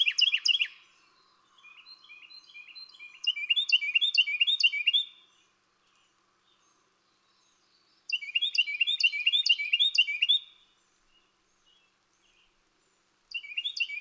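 Bird song: several loud bursts of rapid, sharp chirps separated by pauses, with faint softer twitters between some of them.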